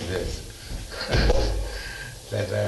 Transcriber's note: laughs